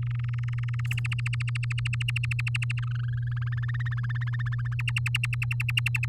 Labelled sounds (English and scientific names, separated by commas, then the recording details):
Domestic Canary (Serinus canaria) song
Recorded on 7 May 2018 at 11:39
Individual llb16